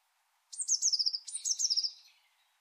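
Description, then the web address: Bird call: two quick high trilled phrases, each starting sharply and sliding lower, in an otherwise quiet background. "Deverinetal 2025 Bird Only"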